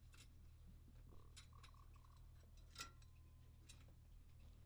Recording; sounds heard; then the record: poultry house recording; sick chickens (respiratory disease)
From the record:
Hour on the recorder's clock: 20